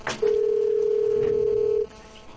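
A single steady telephone ringing tone on an outgoing phone call sounds for a second and a half, a flat, medium-low electronic pitch that cuts off abruptly, with faint background noise and no talking.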